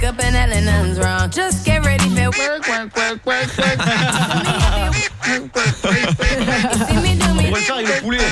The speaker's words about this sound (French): On préfère avec le poulet. Ouais, merci. J'ai on est content, on a des poulets gonflables depuis 3 jours, il arrête pas.